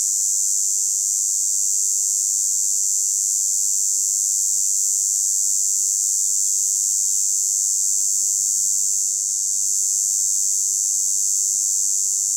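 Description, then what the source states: Red cicada song, a loud, steady high-pitched buzz held unbroken throughout, with one faint bird note partway through. Tibicina haematodes; recorded 27 June 2018 on forested Plateau de Lesches-en-Diois, France; singing for over a week, heralding hot summer days; Nagra Seven recorder, MKH8040 microphone on boom pole.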